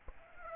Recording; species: mosquito wingbeat signal from an infrared sensor; Aedes aegypti